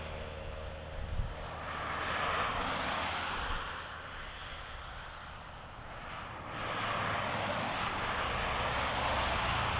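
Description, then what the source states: P. catenata: unbroken high-pitched insect drone sustained throughout, over a broad background hiss. Sir Lowry's Pass.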